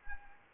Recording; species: mosquito wingbeat signal from an infrared sensor; Anopheles arabiensis